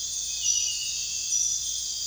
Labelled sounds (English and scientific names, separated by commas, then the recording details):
none
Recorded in pastures near Puerto Asís, Putumayo, Colombia, on 22 June 2025 at 01:30
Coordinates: 0.466, -76.322
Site GP07